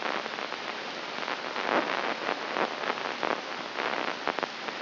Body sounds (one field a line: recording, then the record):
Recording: brain microelectrode recording played as sound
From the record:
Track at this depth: inside the subthalamic nucleus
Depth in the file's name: 3.94 mm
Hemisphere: right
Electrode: 3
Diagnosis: Parkinson's disease